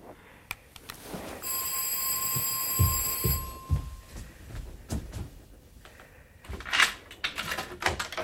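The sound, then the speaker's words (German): A doorbell rings with one shrill, buzzing electric peal lasting about two seconds, followed by heavy footsteps, thumps and light clattering. No one speaks. “Warte mal einen Augenblick. Es klingelt.”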